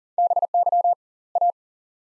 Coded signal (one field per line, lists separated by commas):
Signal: Morse code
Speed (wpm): 40 wpm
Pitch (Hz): 700 Hz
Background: none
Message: BY A